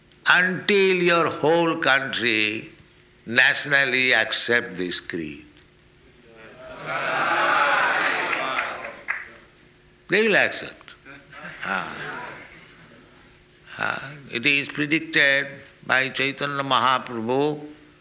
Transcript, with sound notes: until your whole country nationally accept this creed. They will accept. [laughter] It is predicted by Caitanya Mahāprabhu,